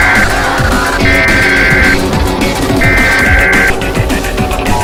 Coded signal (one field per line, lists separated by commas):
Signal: Emergency Alert System (SAME) tones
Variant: header bursts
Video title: EAS scenario 7: whitty’s explosion part 5 absolute rage